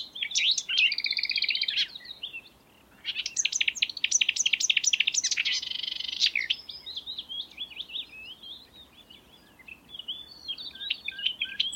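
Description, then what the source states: Marsh warbler song of harsh buzzy bursts and quick chattering notes, broken by a brief gap, then more harsh bursts followed by softer warbled phrases that carry on intermittently. May 2020.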